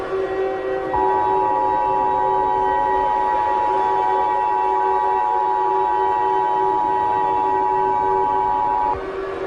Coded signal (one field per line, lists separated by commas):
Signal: Emergency Alert System (SAME) tones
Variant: 853 and 960 Hz attention tone